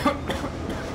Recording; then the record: coughing mixed with background sound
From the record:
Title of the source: Coughing Man Sound - Man Cough Sound Effect